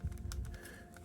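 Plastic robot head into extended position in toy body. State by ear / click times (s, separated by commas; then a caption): seated / 0.3 s. A plastic robot toy head is pulled all the way out of the toy body until it snaps into its locked extended position. Amid light clicking and rattling, a sharp pop-like snap is heard at 0.3 s. The head is seated and locked in place.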